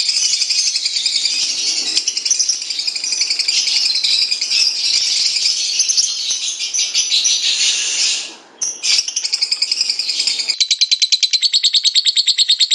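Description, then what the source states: Lovebird chattering: a dense, fast rasping series of high notes that runs on, breaks off briefly near eight and a half seconds, resumes, then turns into an even pulsed rattle for the last two seconds. Lutino lovebird giving the ngekek chattering call; recording used for training birds.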